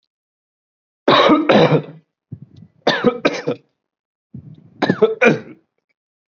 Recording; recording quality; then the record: heavy voluntary cough; excellent, no background noise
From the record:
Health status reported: exposed to COVID-19, no respiratory illness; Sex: male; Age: 23 years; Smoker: no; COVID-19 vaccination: both doses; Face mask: not worn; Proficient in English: yes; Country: India